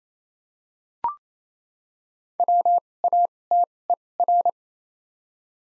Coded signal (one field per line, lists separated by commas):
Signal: Morse code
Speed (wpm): 28 wpm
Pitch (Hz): 700 Hz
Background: none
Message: W A T E R